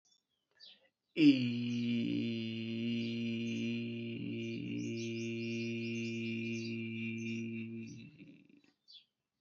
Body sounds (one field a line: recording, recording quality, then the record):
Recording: sustained vowel as in beet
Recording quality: excellent, no background noise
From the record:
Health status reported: healthy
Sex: male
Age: 25 years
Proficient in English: yes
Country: India